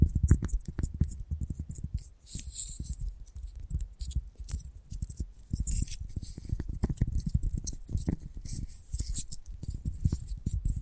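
Gentle tapping runs steadily through the whole clip, a fast, dense stream of small taps with no real pauses. Each tap has a soft low thud and a bright, clicky edge, like light clinking. Brief lulls come near two and five seconds.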